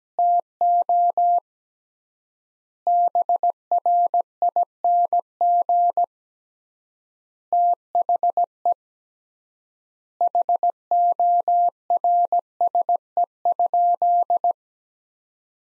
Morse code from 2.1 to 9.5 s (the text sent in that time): BRING THE